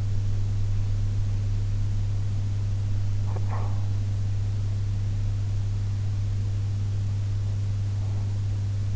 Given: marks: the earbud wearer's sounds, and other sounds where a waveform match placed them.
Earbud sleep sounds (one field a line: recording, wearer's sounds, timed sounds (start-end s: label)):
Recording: sounds in sleep by an in-ear microphone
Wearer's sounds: breath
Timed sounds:
3.13-4.05 s: breath